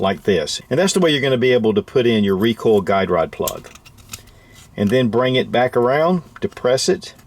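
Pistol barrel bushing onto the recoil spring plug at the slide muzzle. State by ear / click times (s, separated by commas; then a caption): not seated / none. While reassembling a Rock Island Armory 22 TCM 1911 pistol, someone talks while pressing down the recoil spring plug at the slide muzzle and turning the steel barrel bushing back around over it. There are faint handling ticks during a pause in the talking near 4.0 s, and the clip ends before the bushing snaps into place, so nothing has seated or clicked yet.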